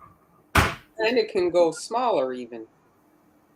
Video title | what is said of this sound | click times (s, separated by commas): Forth Of July Cookies - Montreal Confections (June 21st, 2022 | okay so it snaps in place like that and you can put your stencil inside and | 0.6 s